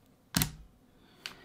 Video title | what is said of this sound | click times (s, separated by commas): How To Build Your Own Gaming PC Step By Step 2019 | should hear some audible clicks and you can see that | 0.4 s